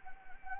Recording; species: mosquito wingbeat signal from an infrared sensor; Anopheles gambiae